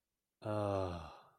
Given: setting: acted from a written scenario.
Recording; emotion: vocal sound without words; ecstasy